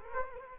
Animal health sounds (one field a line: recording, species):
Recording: mosquito wingbeat signal from an infrared sensor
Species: Culex quinquefasciatus